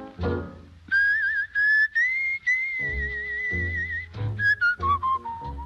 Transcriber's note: whistles